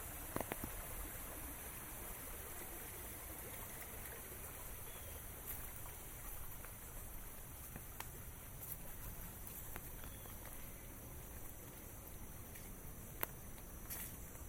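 A steady, dense hiss of rain fills the walk, low rumble underneath, with occasional sharp drips or taps, one loud tap near the end.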